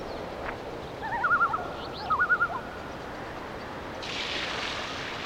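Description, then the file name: Red-breasted merganser calls, two short bursts of wavering, pulsed notes about a second apart over steady background noise. "Mergus serrator - Red-breasted Merganser"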